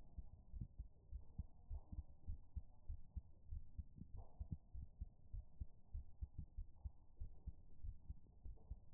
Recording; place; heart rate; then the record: heart sounds by stethoscope; pulmonary valve (PV); 103 bpm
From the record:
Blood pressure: 119/75 mmHg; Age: 30 years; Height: 161 cm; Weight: 59 kg